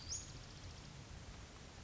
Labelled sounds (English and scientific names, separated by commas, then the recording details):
Western Flycatcher (Empidonax difficilis)
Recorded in Sonoma County, California